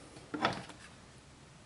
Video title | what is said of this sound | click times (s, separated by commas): KEL TEC SUB 2000 Accessories - KEL TEC SUB 2000 Trigger Job - KEL TEC SUB-2000 Trigger Spring Kit | heard it click now we've got clearance all the way through there | 0.5 s